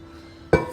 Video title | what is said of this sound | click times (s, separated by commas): Whall 12-Speed Stand Mixer Review & Instruction Manual - Top Electric Stand Mixer | locks into place as well and has two handles and again | 0.5 s